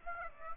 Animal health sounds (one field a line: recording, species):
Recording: mosquito wingbeat signal from an infrared sensor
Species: Aedes aegypti